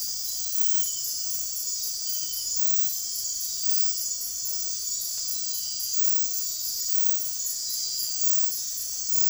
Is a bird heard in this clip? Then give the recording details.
no. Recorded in dense forest near Puerto Asís, Putumayo, Colombia, on 9 March 2025 at 03:30. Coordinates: 0.503, -76.323. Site GP09